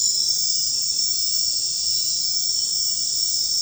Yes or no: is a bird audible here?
no